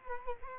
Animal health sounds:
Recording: mosquito wingbeat signal from an infrared sensor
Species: Culex quinquefasciatus

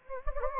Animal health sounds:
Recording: mosquito wingbeat signal from an infrared sensor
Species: Anopheles gambiae

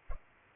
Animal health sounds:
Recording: mosquito wingbeat signal from an infrared sensor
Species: Culex pipiens

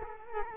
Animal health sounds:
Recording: mosquito wingbeat signal from an infrared sensor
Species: Culex quinquefasciatus

